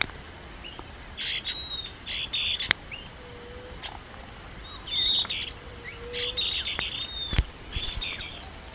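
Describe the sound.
Bird calls: repeated high chirping bursts and thin whistles, some sliding, with a few lower level whistles and sharp clicks.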